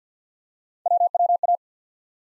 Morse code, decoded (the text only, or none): WWA